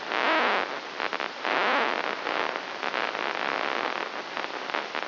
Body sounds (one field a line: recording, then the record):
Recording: brain microelectrode recording played as sound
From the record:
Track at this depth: inside the subthalamic nucleus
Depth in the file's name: 2.804 mm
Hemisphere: right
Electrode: 3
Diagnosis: Parkinson's disease